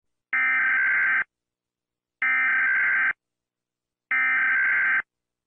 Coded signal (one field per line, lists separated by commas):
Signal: Emergency Alert System (SAME) tones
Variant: header bursts